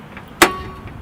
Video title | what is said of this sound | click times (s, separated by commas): Pre Trip Inspection & Circle of Safety | make sure the cab locks in place so it will stay standing up for | 0.4 s